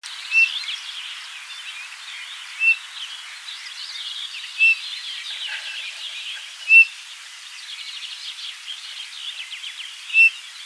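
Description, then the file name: Eurasian bullfinch giving five soft, short piping calls spaced a few seconds apart, over a steady hiss of background noise. "Pyrrhula pyrrhula"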